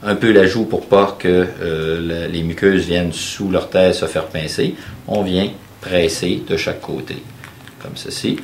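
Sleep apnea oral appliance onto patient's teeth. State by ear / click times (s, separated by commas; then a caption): not seated / none. A clinician pulls the patient's cheek aside and presses each side of a mouthguard-like sleep apnea oral appliance onto the patient's teeth while someone talks throughout. Nothing has seated or clicked yet; the appliance is handled but not yet home when the clip ends.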